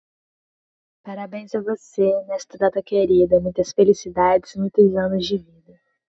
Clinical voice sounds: short text; Brazilian Portuguese; female; 20 to 29 years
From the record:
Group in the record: control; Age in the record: 26 years

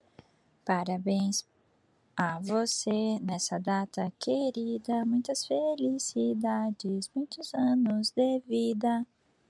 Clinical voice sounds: short text; Brazilian Portuguese; female; 30 to 39 years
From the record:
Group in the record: control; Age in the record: 37 years

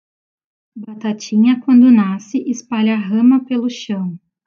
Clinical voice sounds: short text; Brazilian Portuguese; female; 30 to 39 years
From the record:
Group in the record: control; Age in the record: 34 years

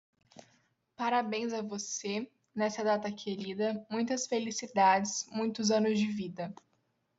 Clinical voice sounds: short text; Brazilian Portuguese; female; 20 to 29 years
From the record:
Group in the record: control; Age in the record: 21 years

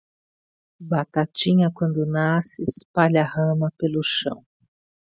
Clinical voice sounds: short text; Brazilian Portuguese; female; 50 to 59 years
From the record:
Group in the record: control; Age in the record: 57 years

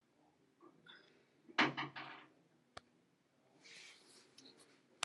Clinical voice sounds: spoken sentence; Brazilian Portuguese; female; 60 to 69 years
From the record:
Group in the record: control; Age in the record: 69 years

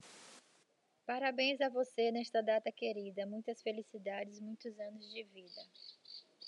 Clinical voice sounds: short text; Brazilian Portuguese; female; 50 to 59 years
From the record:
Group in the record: control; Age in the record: 53 years

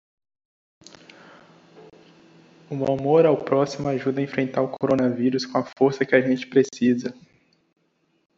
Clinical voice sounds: spoken sentence; Brazilian Portuguese; male; 20 to 29 years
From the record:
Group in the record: control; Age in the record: 23 years

